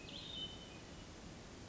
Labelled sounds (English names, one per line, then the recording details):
Hermit Thrush
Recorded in Sonoma County, California